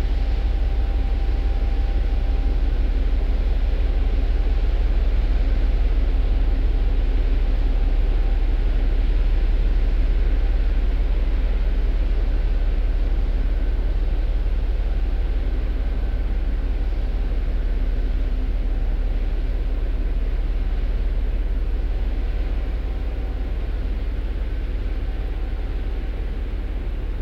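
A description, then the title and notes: A large ship passes slowly, its engine a deep, steady rumble that dominates the whole recording. A faint, constant whine sits above the drone, and the sound eases slightly toward the end as the vessel moves away. Passing Ship. Recorded in a busy fjord with lots of traffic. What you hear is a large ship, passing slowly.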